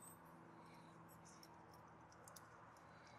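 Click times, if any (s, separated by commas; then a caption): 2.3 s, 2.4 s. A small metal retainer clip on a 1991 KDX200 motorcycle fork damping rod is refitted into the recess around the rod after the parts have been pounded down. Over a steady low hum, two faint sharp clicks come at 2.3 and 2.4 seconds. The clip snaps into place and is seated.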